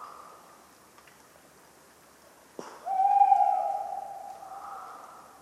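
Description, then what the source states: Tawny owl delivers a long, level hooted note after a sharp knock, with a soft breathy sound at the start and end. Talkative bird on a cold autumn night, 11 November 1995, at the Ménigoute ornithological film festival, France; acorns falling regularly; the recordist fell asleep, mixing in his sleeping sounds.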